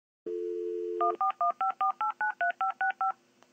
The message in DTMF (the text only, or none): 14154893565